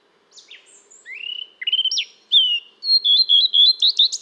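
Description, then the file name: Eurasian blackcap song: a varied phrase of quiet high notes building into loud, clear whistled warbling that rises and falls between mid and very high pitch. "Sylvia atricapilla"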